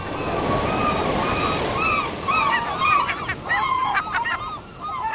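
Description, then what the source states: Gull calls: nasal mewing and yelping cries, some rising, growing busier and overlapping toward the end, over steady crashing surf and wind. On beaches in August, when several more gull species return from nesting areas elsewhere.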